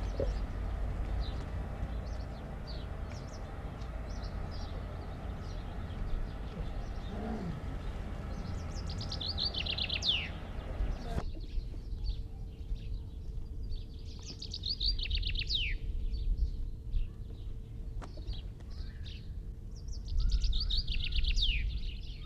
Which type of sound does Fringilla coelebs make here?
song